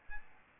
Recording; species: mosquito wingbeat signal from an infrared sensor; Aedes albopictus